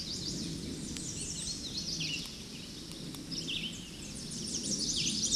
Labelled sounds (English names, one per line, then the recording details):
Red-eyed Vireo song
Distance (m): 35 m
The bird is about 5 m above the microphone
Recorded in a Pennsylvania forest on 16 May 2024 at 08:58
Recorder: AudioMoth, point MSD-0263
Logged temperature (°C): 16.0 °C
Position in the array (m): 58 m, 206 m